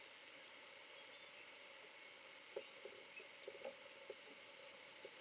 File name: kek cinege hangja